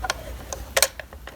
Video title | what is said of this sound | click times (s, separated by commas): How to Use a Enlarged Humane Mouse/Rat Trap *Safe to Set, Easy Rodent Removal & Pet Safety | till it clicks, and it should stay open. | 0.8 s